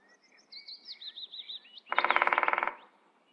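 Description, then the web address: Great spotted woodpecker drumming: a single fast, even roll of about fifteen strokes lasting under a second, preceded by another bird's clear whistled, warbling song. "Wiesloch. Buntspecht Trommeln"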